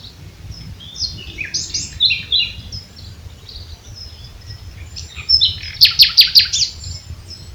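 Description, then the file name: Common nightingale song: varied chirping phrases, then a fast run of loud repeated clicking notes near the end, over faint low background rumble. "Luscinia megarhynchos"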